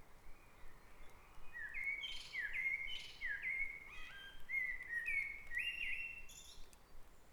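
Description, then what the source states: Bird song in a dawn chorus: a series of bright, slurred whistled phrases, with faint higher chirps near the end. Dawn chorus on Back Dragon Avenue in Harrogate, part of a sound map of the town.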